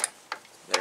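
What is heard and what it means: The socket end of a new power strut (lift support) is pressed onto its ball stud mount on the tailgate of a BMW X5 E70. Three short, sharp plastic-metal clicks are heard at about 0.0, 0.3 and 0.8 seconds. The last and strongest, at 0.8 seconds, is the strut end snapping onto the ball stud, and the strut is seated in place.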